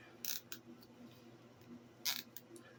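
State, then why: Partly seated. A plastic zip tie's tail is pulled through its ratchet head around the gathered ribbon loops of a bow, and the ratchet teeth click at 0.3, 0.5, 2.2 and 2.4 seconds. The tie ratchets tighter around the bow's center but is not yet fully cinched, with more tail left to pull.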